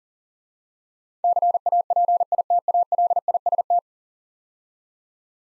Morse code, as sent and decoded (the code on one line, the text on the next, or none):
-.-. .- .--. .. - .- .-.. .. ... -
CAPITALIST